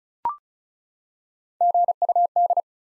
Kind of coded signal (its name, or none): Morse code